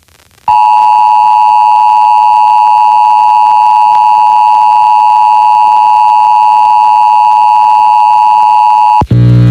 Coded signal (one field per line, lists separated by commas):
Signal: Emergency Alert System (SAME) tones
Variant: 853 and 960 Hz attention tone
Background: music